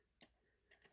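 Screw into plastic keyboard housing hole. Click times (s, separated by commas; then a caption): 0.2 s. A screw is turned left (backed up) in a hole in the plastic housing of an 88-key Korg Kross-2 keyboard during a full contact pad replacement. A sharp click at 0.2 s marks the screw thread dropping into the existing thread, and fainter ticks follow near 0.7 and 0.8 s. The screw is seated in the existing thread.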